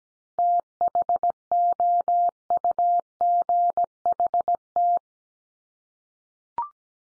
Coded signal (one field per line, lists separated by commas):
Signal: Morse code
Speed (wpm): 17 wpm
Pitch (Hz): 700 Hz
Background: none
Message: THOUGHT